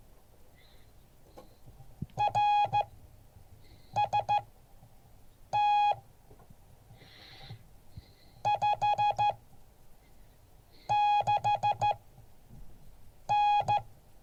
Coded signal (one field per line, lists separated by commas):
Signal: Morse code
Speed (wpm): 14 wpm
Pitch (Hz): 830 Hz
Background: none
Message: RST 56N